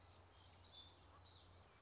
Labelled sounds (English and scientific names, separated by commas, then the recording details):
Common Yellowthroat (Geothlypis trichas)
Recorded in Sonoma County, California